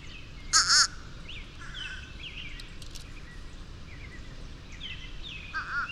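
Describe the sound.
Bird calling with one loud, rasping call early on and a fainter one at the end, soft chirps of other birds scattered between.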